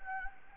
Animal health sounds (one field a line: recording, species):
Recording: mosquito wingbeat signal from an infrared sensor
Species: Anopheles gambiae